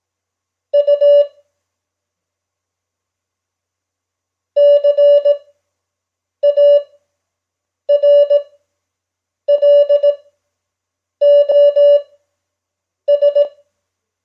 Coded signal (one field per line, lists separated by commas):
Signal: Morse code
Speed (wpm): 18 wpm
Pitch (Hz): 580 Hz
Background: none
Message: U CARLOS